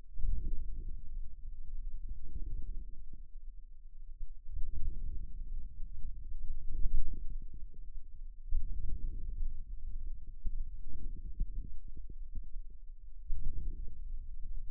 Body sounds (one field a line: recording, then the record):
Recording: forearm muscle sounds (acoustic myography)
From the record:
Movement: outward rotation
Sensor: system 2, bracelet of six BSWA MPA416 microphones around the upper forearm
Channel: 1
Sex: male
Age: 22 years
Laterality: right